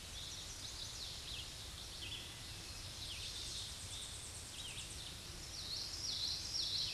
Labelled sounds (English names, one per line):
Red-eyed Vireo song